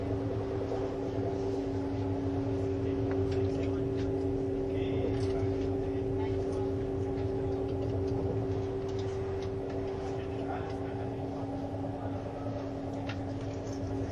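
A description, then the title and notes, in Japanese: Inside an ICN tilting train running on the Gotthard line, a steady low rumble and constant motor drone hold throughout, with a few sustained tones humming in the lower middle. Faint clicks and brief rattles come and go, and soft voices murmur underneath. SBB線 ICN10022レ01 Lugano～(Göschenen)。スイスでは主力の車体傾斜車両であるRABDe500形ICN、その本領を発揮するゴッタルド線の列車を収録したものです。収録年月:2013,05。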